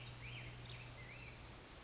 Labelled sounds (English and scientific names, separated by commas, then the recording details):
Black-headed Grosbeak (Pheucticus melanocephalus)
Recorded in Sonoma County, California